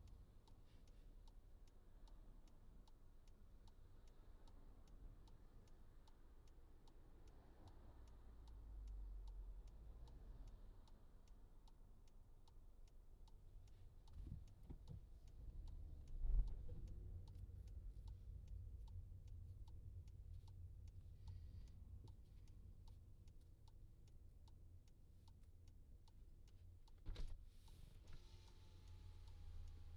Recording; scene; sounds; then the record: everyday scene through a hearing-aid microphone; in a vehicle; engine idling, traffic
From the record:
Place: Skoda Fabia, gasoline engine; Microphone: in the ear canal, left